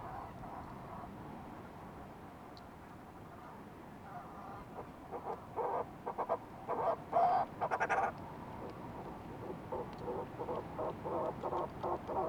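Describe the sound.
Fulmar prion calls, a quiet start, then a run of short nasal pulsed notes from about four seconds, bunched in quick bursts with brief gaps.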